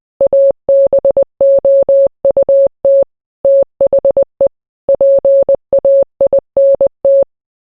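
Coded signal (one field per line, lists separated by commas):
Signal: Morse code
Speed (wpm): 20 wpm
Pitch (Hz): 550 Hz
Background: none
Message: ABOUT THE PAINT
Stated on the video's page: International Morse made with a Morse code translator, not keyed by hand.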